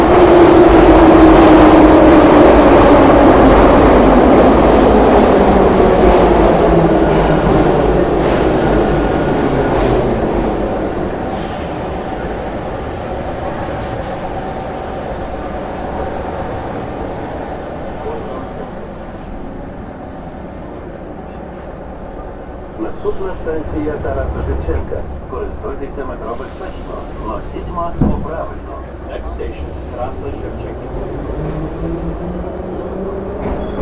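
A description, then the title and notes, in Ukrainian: A metro train at Kontraktova Ploshcha station, with a loud rising whine and rumble that falls and fades over the first ten seconds. A steady low rumble follows, then clanks and scattered voices from about 23 seconds, and another whine begins rising near the end. Наближається поїзд метро. Станція Контрактова площа, поїзд наближається, вагон заповнений. Вечір.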